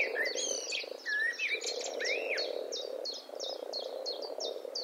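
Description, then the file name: Eurasian blackbird: a few arched, fluting whistles among sharp repeated chinking notes, then a run of chinks alone, with a low croaking chorus underneath. "Turdus merula"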